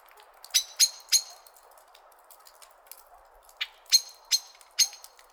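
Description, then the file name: Common blackbird metallic chink calls, a run of three rapid notes, then after a pause a looser series of four, with soft background hiss. "Turdus merula"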